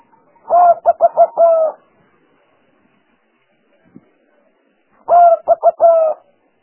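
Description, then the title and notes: Spotted dove cooing: a low, hollow phrase of a long note, two quick short notes and a closing drawn-out note, given twice with a pause between. Collection of calls used as lure sounds for trapping. "Pikat Burung Tekukur. Kumpulan suara burung tekukur"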